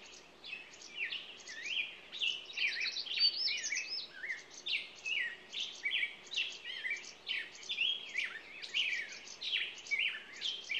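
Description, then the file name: Songbird song: dense, continuous chatter of twittering notes and short whistles, several phrases overlapping throughout. Morning songbird chorus, presented as nature ambiance. "Echoes Of Nature-Morning Songbirds"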